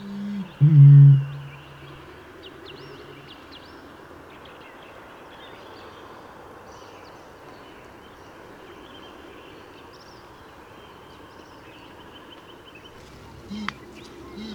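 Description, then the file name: Eurasian bittern giving a deep, resonant boom at the start, then a long quiet stretch before another low call begins near the end. "Rordrom"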